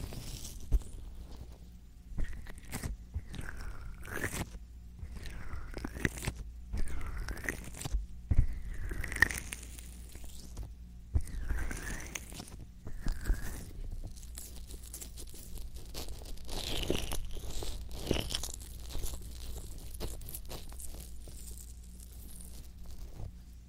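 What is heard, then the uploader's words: Slick, squelchy rubbing of lotion right against the ear. Strokes sweep up and down in a steady rhythm about once a second, with sharp wet clicks, then blend into denser, continuous rubbing after the midpoint. A low steady hum sits underneath. Lotion ear massage.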